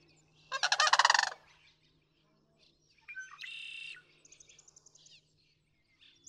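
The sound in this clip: Sandhill crane giving one loud rolling rattle, followed by a buzzy call and a run of short chirping notes, over a faint low hum.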